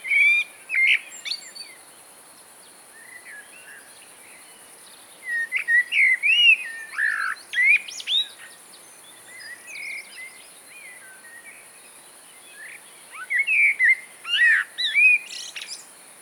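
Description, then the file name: Eurasian blackbird repeatedly singing varied phrases of clear, fluted whistles mixed with high twittering notes, with short pauses between bursts and a faint hiss behind. "Turdus merula"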